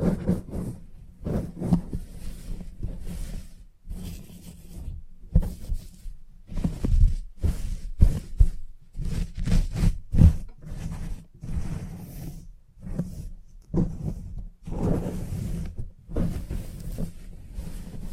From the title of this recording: Salon Haircut Head Massage, Scissors and Clipper